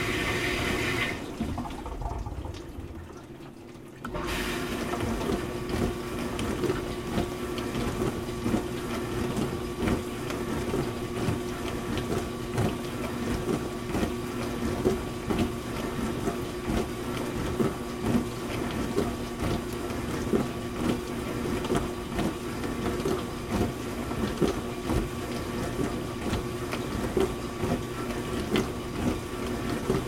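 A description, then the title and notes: A loud dishwasher hums and churns steadily, with a low, muffled stretch at the start before rhythmic sloshing and clicking pulses continue throughout. The sound of a loud, obnoxious dishwasher cycle.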